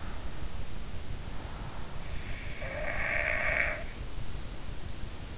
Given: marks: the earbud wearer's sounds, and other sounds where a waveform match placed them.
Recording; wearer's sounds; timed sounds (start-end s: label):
sounds in sleep by an in-ear microphone; snoring breath
2.20-3.95 s: snoring breath